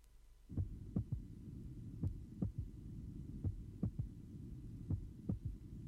A more narrowly split first heart sound is now illustrated. 22-year-old man taken at the apex during expiration physiological third heart sound is audible after the second sound.